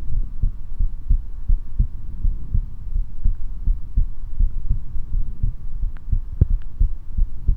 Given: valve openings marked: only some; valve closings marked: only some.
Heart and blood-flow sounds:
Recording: heart sounds by stethoscope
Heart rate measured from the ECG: 85 bpm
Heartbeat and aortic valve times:
0.15 s: heartbeat (ECG mark)
0.20 s: aortic valve opens (echo mark)
0.82 s: heartbeat (ECG mark)
0.86 s: aortic valve opens (echo mark)
1.12 s: aortic valve closes (echo mark)
1.51 s: heartbeat (ECG mark)
1.56 s: aortic valve opens (echo mark)
1.82 s: aortic valve closes (echo mark)
2.27 s: heartbeat (ECG mark)
2.30 s: aortic valve opens (echo mark)
2.97 s: heartbeat (ECG mark)
3.02 s: aortic valve opens (echo mark)
3.69 s: heartbeat (ECG mark)
3.73 s: aortic valve opens (echo mark)
4.00 s: aortic valve closes (echo mark)
4.42 s: heartbeat (ECG mark)
4.47 s: aortic valve opens (echo mark)
4.73 s: aortic valve closes (echo mark)
5.15 s: heartbeat (ECG mark)
5.21 s: aortic valve opens (echo mark)
5.84 s: heartbeat (ECG mark)
5.90 s: aortic valve opens (echo mark)
6.52 s: heartbeat (ECG mark)
6.84 s: aortic valve closes (echo mark)
7.20 s: heartbeat (ECG mark)
7.51 s: aortic valve closes (echo mark)
From the record:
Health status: healthy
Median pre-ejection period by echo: 44 ms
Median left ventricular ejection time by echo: 267 ms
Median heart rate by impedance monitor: 79 bpm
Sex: male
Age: 19 years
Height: 171 cm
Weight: 62 kg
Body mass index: 21.20

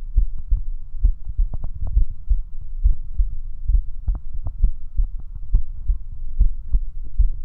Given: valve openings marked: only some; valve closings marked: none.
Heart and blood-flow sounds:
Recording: heart sounds by stethoscope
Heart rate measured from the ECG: 68 bpm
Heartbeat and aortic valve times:
0.20 s: heartbeat (ECG mark)
0.23 s: aortic valve opens (echo mark)
1.07 s: heartbeat (ECG mark)
1.09 s: aortic valve opens (echo mark)
1.99 s: heartbeat (ECG mark)
2.02 s: aortic valve opens (echo mark)
2.88 s: heartbeat (ECG mark)
2.90 s: aortic valve opens (echo mark)
3.76 s: heartbeat (ECG mark)
3.79 s: aortic valve opens (echo mark)
4.66 s: heartbeat (ECG mark)
4.69 s: aortic valve opens (echo mark)
5.57 s: heartbeat (ECG mark)
6.43 s: heartbeat (ECG mark)
6.46 s: aortic valve opens (echo mark)
7.22 s: heartbeat (ECG mark)
From the record:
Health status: healthy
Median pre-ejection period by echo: 29 ms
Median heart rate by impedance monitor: 68 bpm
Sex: male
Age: 19 years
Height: 179 cm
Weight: 78 kg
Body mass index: 24.34

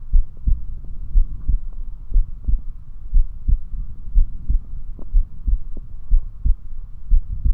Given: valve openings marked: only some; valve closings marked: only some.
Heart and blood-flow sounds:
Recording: heart sounds by stethoscope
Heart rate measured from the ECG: 60 bpm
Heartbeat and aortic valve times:
0.15 s: heartbeat (ECG mark)
0.21 s: aortic valve opens (echo mark)
0.48 s: aortic valve closes (echo mark)
1.16 s: heartbeat (ECG mark)
1.23 s: aortic valve opens (echo mark)
1.49 s: aortic valve closes (echo mark)
2.16 s: heartbeat (ECG mark)
2.22 s: aortic valve opens (echo mark)
2.49 s: aortic valve closes (echo mark)
3.16 s: heartbeat (ECG mark)
3.21 s: aortic valve opens (echo mark)
3.50 s: aortic valve closes (echo mark)
4.17 s: heartbeat (ECG mark)
4.23 s: aortic valve opens (echo mark)
4.50 s: aortic valve closes (echo mark)
5.15 s: heartbeat (ECG mark)
6.13 s: heartbeat (ECG mark)
6.19 s: aortic valve opens (echo mark)
6.46 s: aortic valve closes (echo mark)
7.12 s: heartbeat (ECG mark)
7.18 s: aortic valve opens (echo mark)
From the record:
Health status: healthy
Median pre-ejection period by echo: 61 ms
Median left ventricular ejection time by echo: 275 ms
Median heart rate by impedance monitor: 60 bpm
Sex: male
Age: 21 years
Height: 174 cm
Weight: 70 kg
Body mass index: 23.12

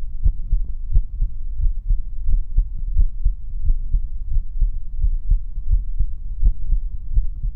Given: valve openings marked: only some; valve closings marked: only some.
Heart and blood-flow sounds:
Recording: heart sounds by stethoscope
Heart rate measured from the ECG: 87 bpm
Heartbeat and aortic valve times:
0.24 s: heartbeat (ECG mark)
0.28 s: aortic valve opens (echo mark)
0.53 s: aortic valve closes (echo mark)
0.93 s: heartbeat (ECG mark)
0.99 s: aortic valve opens (echo mark)
1.22 s: aortic valve closes (echo mark)
1.61 s: heartbeat (ECG mark)
1.68 s: aortic valve opens (echo mark)
1.91 s: aortic valve closes (echo mark)
2.29 s: heartbeat (ECG mark)
2.97 s: heartbeat (ECG mark)
3.65 s: heartbeat (ECG mark)
3.94 s: aortic valve closes (echo mark)
4.33 s: heartbeat (ECG mark)
4.62 s: aortic valve closes (echo mark)
5.02 s: heartbeat (ECG mark)
5.71 s: heartbeat (ECG mark)
6.43 s: heartbeat (ECG mark)
7.15 s: heartbeat (ECG mark)
From the record:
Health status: healthy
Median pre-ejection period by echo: 60 ms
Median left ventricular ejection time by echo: 235 ms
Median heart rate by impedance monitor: 87 bpm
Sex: male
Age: 20 years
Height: 181 cm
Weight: 74 kg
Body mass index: 22.59

